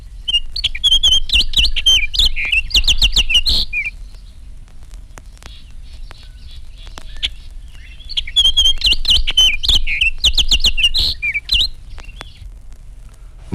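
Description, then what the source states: Orchard Oriole song: two lively bursts of quick, tumbling whistles and buzzy slurs, each a few seconds long, separated by a quiet gap. Clear, joyous songs heard in open country with scattered trees.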